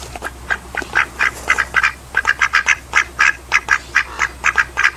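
Duck quacks, rapid nasal calls in a near-continuous run of roughly four per second, over a constant low humming background.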